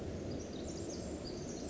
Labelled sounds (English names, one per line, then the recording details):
Pacific Wren
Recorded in Sonoma County, California